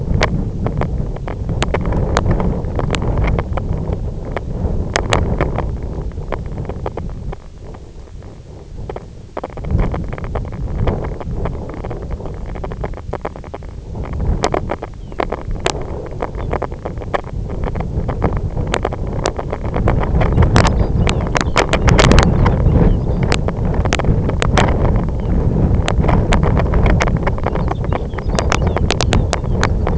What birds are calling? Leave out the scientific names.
Lapland Longspur